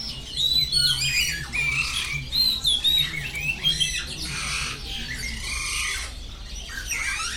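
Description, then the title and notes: Birds singing in a dense chorus of bright, whistled chirps and rising and falling notes, with a low steady hum underneath. Many birds singing at the Bird Garden, Mongkok, Hong Kong, 15 February 2008; recorded on AKG condenser microphones in XY stereo. "香港 旺角 雀鳥花園 雀鳥唱歌 (內附有人類語言中的粗囗) Bird Singing in the Bird Garden, Mongkok, Hong Kong Date: 15 February 2008"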